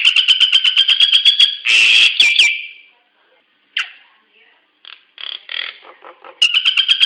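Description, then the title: Nias hill myna calls, a fast series of whistled notes, a harsh burst with a slurred whistle, scattered chatter, then another rapid whistled run. "Burung jalak nias"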